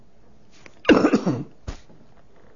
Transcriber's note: cough